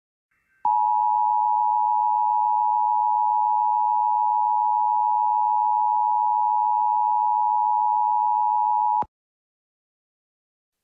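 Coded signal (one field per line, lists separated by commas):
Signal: Emergency Alert System (SAME) tones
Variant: 853 and 960 Hz attention tone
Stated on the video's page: Recreated NOAA Weather Radio Snow Squall Warning with altered voice, based on an actual NWS warning.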